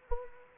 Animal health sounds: mosquito wingbeat signal from an infrared sensor; Anopheles arabiensis

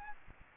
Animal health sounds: mosquito wingbeat signal from an infrared sensor; Aedes aegypti

